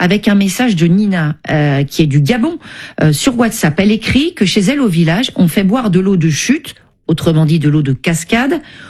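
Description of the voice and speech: One adult reads a listener's message aloud in French, with fluent, clear, steady speech and only brief natural pauses.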